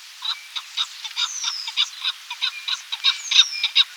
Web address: chukar calls